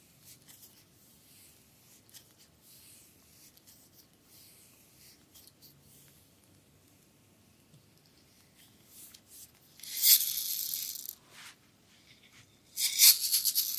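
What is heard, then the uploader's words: A bamboo massage moves along quietly at first, with a soft low rumble under faint scratches and light taps. Around ten seconds a bright, hissing rub swells for about a second, and a second rough, brushing sweep arrives near the end. ASMR Full body massage with bamboo.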